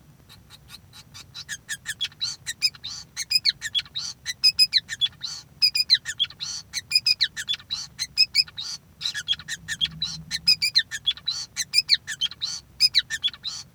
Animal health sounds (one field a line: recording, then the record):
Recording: song of a male Bengalese finch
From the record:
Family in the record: son of father 5